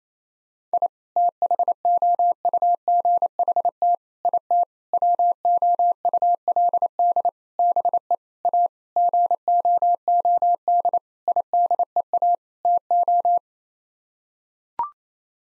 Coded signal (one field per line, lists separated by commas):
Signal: Morse code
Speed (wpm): 28 wpm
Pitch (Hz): 700 Hz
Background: none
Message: I THOUGHT IT WOULD BE A GOOD IDEA TO